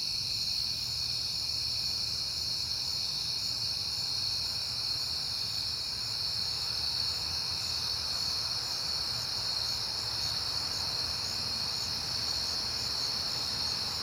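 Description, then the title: Crickets chirping in a dense, continuous high-pitched chorus, steady throughout, with a faint low rumble beneath. Crickets at night in September; a peaceful night. "Night Time: Crickets and Passing Cars"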